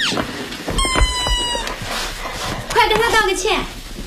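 A rubber duck toy lying on the floor, a dog's toy, squeaks sharply as the character Xu Lang steps on it in the film "Call for Love" (爱情呼叫转移): a bright, high, steady squeal lasting under a second, followed shortly by a second, wobbling squeaky whine.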